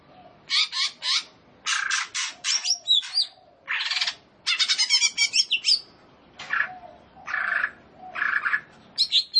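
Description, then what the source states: Leafbird singing a rapid run of buzzy, chattering bursts mixed with short sweeping whistles, phrases separated by brief pauses. Described as gacor.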